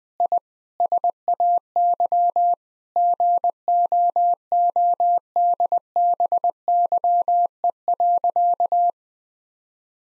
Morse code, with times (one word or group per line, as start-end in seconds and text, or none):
0.2-0.4 I
0.8-2.5 SAY
3.0-8.9 GOODBYE.